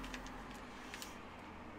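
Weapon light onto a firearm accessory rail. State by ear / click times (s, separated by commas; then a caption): seated / 0.9 s, 1.0 s. A tactical weapon light is slid onto a firearm accessory rail and its mounting latch is fixed in place. A faint tick comes at 0.1 s, then a quick two-part "clic clac" at 0.9 s and 1.0 s over a steady low hum. The light is seated and locked on the rail.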